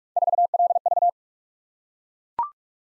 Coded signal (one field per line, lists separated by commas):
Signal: Morse code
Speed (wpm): 44 wpm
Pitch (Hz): 700 Hz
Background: none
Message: 4LV